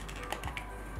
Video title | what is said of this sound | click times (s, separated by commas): Klarus Headlamp H1A-PL Instruction | You can hear a pop sound. | 0.3 s, 0.6 s